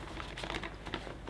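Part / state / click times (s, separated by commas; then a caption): vacuum cleaner bag into the bag holder of an upright vacuum / not seated / none. A paper vacuum bag's cardboard collar is pushed forward onto its holder inside a Kirby Tradition upright vacuum, producing rustling, crinkling paper and soft tapping sounds. It has not clicked into place yet; the bag fails to click in.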